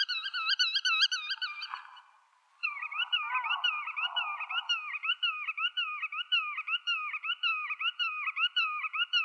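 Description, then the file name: Black-tailed godwit calls: a quick burst of wavy nasal notes, a short gap, then slower, evenly spaced looping notes about two per second. "audio birulaut ekorhitam"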